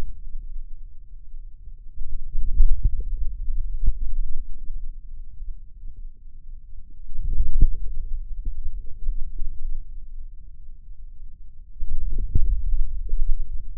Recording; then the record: forearm muscle sounds (acoustic myography)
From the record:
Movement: hand closing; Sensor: system 2, bracelet of six BSWA MPA416 microphones around the upper forearm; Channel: 6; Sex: male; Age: 22 years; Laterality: right